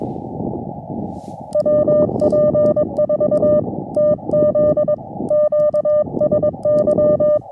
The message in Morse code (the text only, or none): WP4TZ QSY